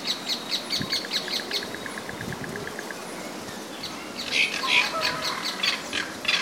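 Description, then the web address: Bird chirps and a rapid even ticking series, then a cluster of loud bright sharp notes in the last two seconds. "os passaros"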